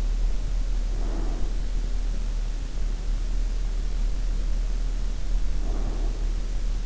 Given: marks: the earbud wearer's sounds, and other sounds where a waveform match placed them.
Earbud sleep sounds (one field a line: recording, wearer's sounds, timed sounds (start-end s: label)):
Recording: sounds in sleep by an in-ear microphone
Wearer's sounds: breath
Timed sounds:
0.87-1.96 s: breath
5.31-6.86 s: breath